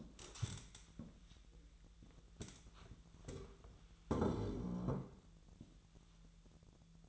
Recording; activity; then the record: daily activity, microphone in the room; stand up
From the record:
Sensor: 3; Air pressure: 1002.0 hPa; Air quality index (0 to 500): 249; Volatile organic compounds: 133 ppm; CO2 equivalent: 3942 ppm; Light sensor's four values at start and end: 9/20/9/9 and 10/24/10/10